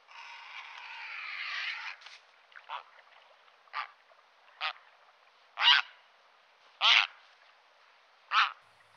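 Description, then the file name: Grey heron giving harsh, hoarse croaks: a long rasping note, then several short grating calls. "heron cendre"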